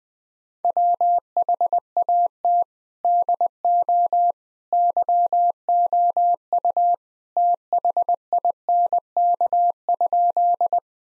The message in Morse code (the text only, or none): WHAT DO YOU THINK?